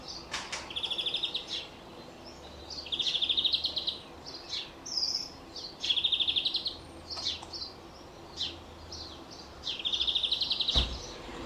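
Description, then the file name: European greenfinch giving rattling trills in short bursts with pauses between, with a few sharp clicks and soft background noise. "Chloris chloris"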